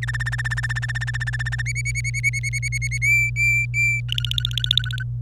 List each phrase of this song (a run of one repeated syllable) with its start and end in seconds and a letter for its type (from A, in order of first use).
0.02-1.62 A, 1.66-2.98 B, 3.02-4.00 C, 4.09-5.03 D